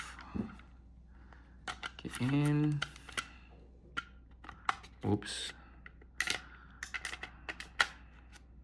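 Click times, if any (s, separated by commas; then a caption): none. A SmallRig NP-F970 USB-C rechargeable NP-F style camera battery is handled and slid toward the battery plate of a wireless video transmitter after a fumbled first try. Short taps, scrapes and plastic knocks are heard while someone talks. Nothing has seated or clicked yet.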